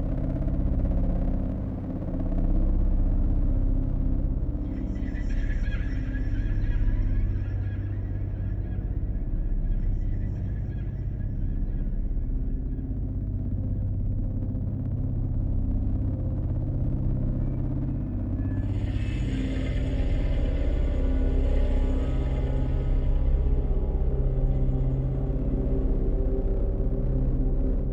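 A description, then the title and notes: A distant planet ambience of steady low droning rumble, with bright shimmering tones rising around five seconds and swelling again near nineteen seconds. Distant Planet Ambience.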